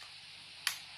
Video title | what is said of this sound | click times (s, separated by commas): Let’s Go Pikachu! Nintendo Switch Unboxing | an audible click that is now in place and you | 0.7 s